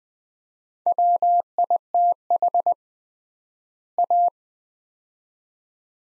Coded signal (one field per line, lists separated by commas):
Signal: Morse code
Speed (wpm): 20 wpm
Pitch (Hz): 700 Hz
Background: none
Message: WITH A